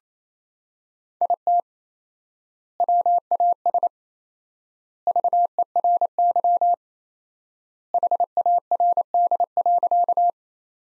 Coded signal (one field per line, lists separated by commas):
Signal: Morse code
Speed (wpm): 28 wpm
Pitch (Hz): 700 Hz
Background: none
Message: IT WAS VERY HARD.